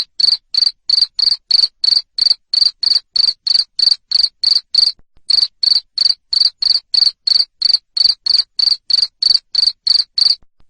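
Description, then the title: Cricket chirping loudly, short high-pitched chirps repeated about three times a second in a steady run, with one brief pause near the middle. Loud cricket chirping to stimulate lovebirds to sing continuously. "Suara JANGKRIK NGERIK Keras Bikin LOVEBIRD Jadi NGEKEK Terus Vubey"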